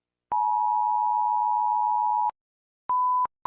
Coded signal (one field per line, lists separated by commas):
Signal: Emergency Alert System (SAME) tones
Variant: 853 and 960 Hz attention tone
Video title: Series 2: Animated EAS Alarms